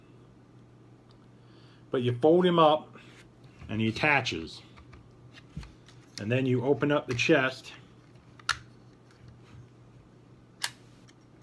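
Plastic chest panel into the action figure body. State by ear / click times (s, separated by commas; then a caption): seated / 10.6 s. Someone talks while folding up a small figure that attaches to a plastic transforming action figure, then opens the figure's plastic chest panel and presses it so the head module locks in. A few light plastic ticks follow the talking, with a sharp click at 8.5 s. The chest panel snaps into place in the figure's body with a short, bright click at 10.6 s.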